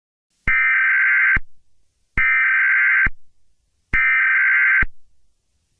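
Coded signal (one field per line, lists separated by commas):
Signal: Emergency Alert System (SAME) tones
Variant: header bursts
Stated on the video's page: Fictional EAS scenario, analog horror based on a Jurassic Park novel.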